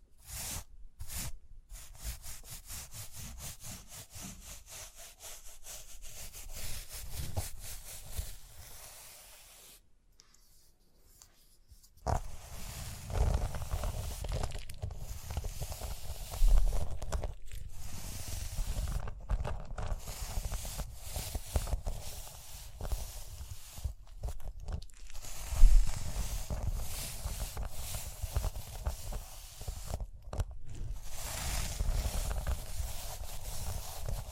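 Rhinestones are scratched and brushed up close in dense, fast, irregular strokes, with crisp bright edges over a low rumbling handling noise. Near the start come quick separate taps, then a near-silent pause around ten to twelve seconds, and sharper knocks near sixteen and twenty-six seconds.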